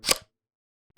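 A small aluminum quick release plate holding camera gear is slid into an F-22 quick release base. It locks in with a sharp click at 0.1 seconds, followed by a brief quiet and another short burst of sound at the very end. The plate is seated securely in the base.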